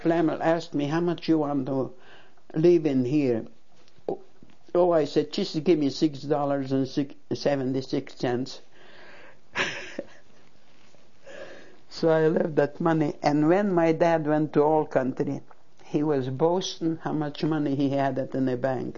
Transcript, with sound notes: Planner asked me, "How much you want to leave in here?" "Oh," I said, "just give me six dollars and seventy-six cents." ( she laughs ) So I left that money, and when my dad went to old country he was boasting how much money he had in the bank.